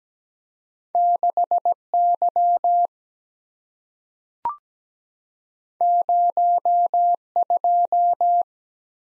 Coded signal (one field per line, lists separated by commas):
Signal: Morse code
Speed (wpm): 17 wpm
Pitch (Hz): 700 Hz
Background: none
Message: 6 Y 0 2